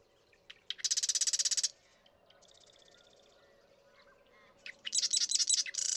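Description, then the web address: Marsh Wren song: two bursts of rapid, dry, chattering trill separated by a quieter stretch with a fainter buzzy song in between. "birdsongforthecurious Marsh Wren"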